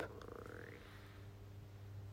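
A brief gurgling, rising croak-like rumble over a steady low hum: audible stomach growling, or borborygmi, in an adult who has been fasting for over a month.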